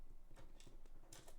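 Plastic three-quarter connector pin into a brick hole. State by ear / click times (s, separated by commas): seated / 0.6 s, 1.1 s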